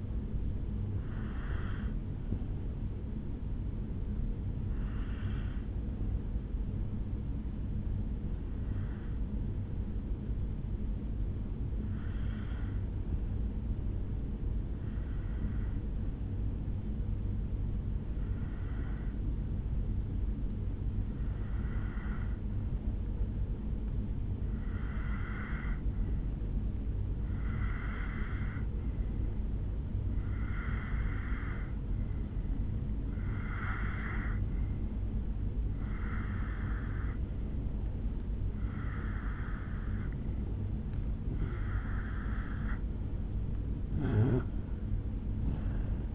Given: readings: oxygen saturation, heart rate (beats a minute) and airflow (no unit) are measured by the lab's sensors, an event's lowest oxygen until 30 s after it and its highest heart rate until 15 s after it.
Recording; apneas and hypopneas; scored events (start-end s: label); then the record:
breathing in sleep by a smartphone at the bedside; 1
11.00-40.30 s: hypopnea (N1, oxygen 98% highest, then 91% lowest, heart rate 65 at the start, 75 highest)
26.00-46.15 s: new sleep stage, N2 (light sleep)
From the record:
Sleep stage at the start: N1 (lightest sleep); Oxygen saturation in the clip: 89 to 98%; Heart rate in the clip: 63 to 73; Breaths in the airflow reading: 15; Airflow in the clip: -4.6 to 3.0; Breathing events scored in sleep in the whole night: 449 in 7.0 hours asleep